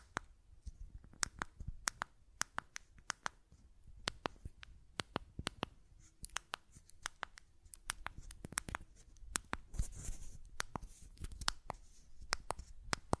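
Buttons are clicked and tapped in irregular bursts, sharp bright clicks coming several per second with short gaps between clusters. A soft low rumble and faint rustling sit underneath, and the tapping grows busier near the end.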